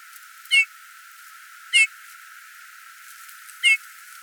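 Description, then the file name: Eurasian bullfinch giving soft, short piping calls, three calls at uneven gaps of one to two seconds over a quiet background. "Pyrrhula pyrrhula"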